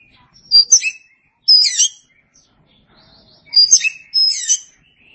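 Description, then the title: Oriental magpie-robin song: loud, sharp whistled notes with chattering phrases, delivered in bursts separated by short pauses. Chirping song. "Suara Kicauan Burung Kacer"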